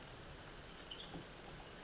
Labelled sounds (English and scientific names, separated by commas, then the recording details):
Western Tanager (Piranga ludoviciana)
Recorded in Sonoma County, California